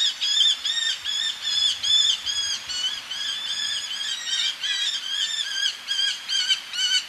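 Eleonora's falcon chattering with a dense series of harsh, nasal calls that run together.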